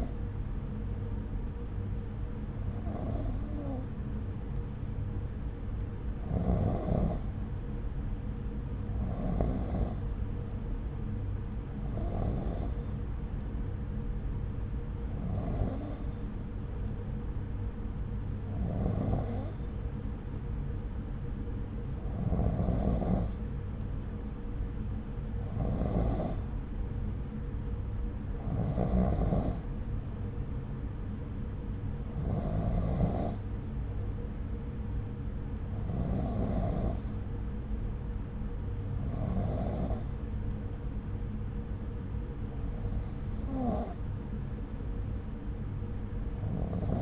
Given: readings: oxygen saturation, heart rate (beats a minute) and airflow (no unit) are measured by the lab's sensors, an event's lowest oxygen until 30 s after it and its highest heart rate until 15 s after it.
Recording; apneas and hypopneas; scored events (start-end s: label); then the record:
breathing in sleep by a smartphone at the bedside; none
none scored
From the record:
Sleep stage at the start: N2 (light sleep); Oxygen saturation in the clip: 92 to 94%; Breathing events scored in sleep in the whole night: 303 in 8.1 hours asleep